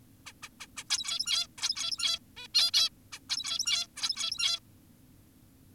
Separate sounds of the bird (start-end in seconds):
0.26-0.33, 0.43-0.49, 0.60-0.67, 0.77-0.84, 0.90-1.47, 1.58-2.19, 2.37-2.48, 2.54-2.71, 2.74-2.90, 3.12-3.19, 3.30-3.87, 3.96-4.60